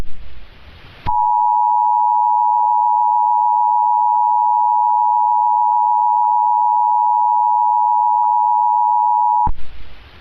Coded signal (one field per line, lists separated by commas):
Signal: Emergency Alert System (SAME) tones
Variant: 853 and 960 Hz attention tone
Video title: EAS Mock #13 - The Train Accident